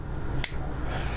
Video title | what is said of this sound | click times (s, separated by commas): 9-13 inch Harris style Pod- loc Made of Carbonfiber | you just give it a little extra pressure and you'll hear a click and what | 0.4 s